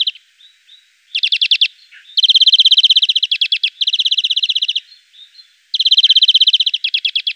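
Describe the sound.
Greenfinch song: rapid ringing trills run almost continuously, one rolling phrase after another, with brief soft chirps between bursts.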